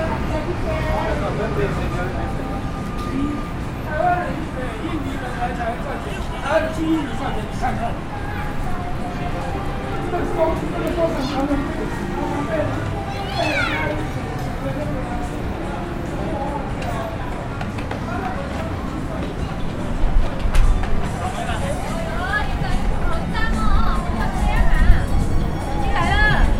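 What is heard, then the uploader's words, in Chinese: A crowd of Indonesian workers gathers at an exit of Taipei Main Station on a holiday, with dense, overlapping chatter filling the space. Many voices blend into a steady murmur, with a few louder speakers breaking through around twenty seconds and near the end. 在台北的印尼_北平西路。在台北車站東三門出口,是在台工作的印尼朋友假日聚集之地。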